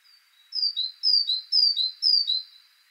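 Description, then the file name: Great tit repeating a bright two-note phrase four times, each a high slurred note followed by a lower one, at a steady brisk pace. "Parus major"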